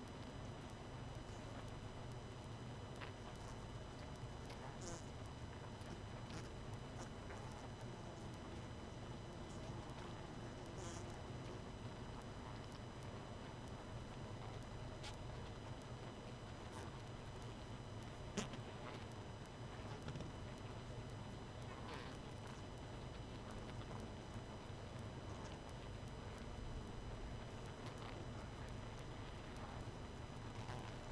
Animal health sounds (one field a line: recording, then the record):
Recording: honeybee colony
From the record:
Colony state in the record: missing queen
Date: 31 May 2018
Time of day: 23:54